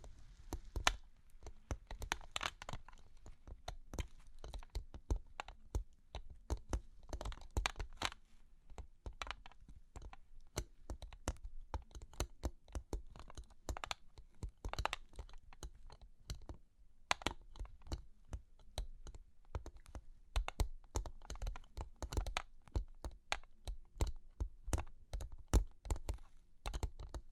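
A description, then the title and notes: Long claws tap and scratch in rapid, irregular clicks that run steadily throughout, each sharp and bright, with a faint low rumble underneath. Long Claws Tapping and Scratching (No Talking).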